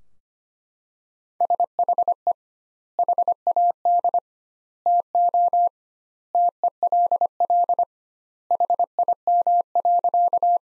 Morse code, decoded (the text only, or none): SHE HAD TO TELL HIM.